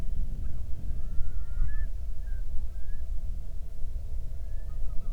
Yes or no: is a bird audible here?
yes